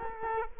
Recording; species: mosquito wingbeat signal from an infrared sensor; Culex quinquefasciatus